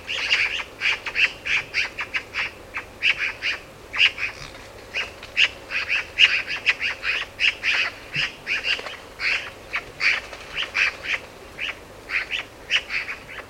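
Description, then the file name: Eurasian magpie giving a long, loud rattling chatter of harsh, staccato notes delivered rapidly and almost continuously throughout. "Pica pica"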